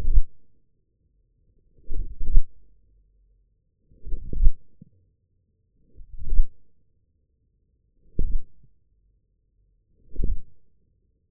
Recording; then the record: forearm muscle sounds (acoustic myography)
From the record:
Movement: wrist extension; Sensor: system 1, eight BSWA MPA416 microphones around the upper forearm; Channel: 5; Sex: male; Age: 41 years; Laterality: right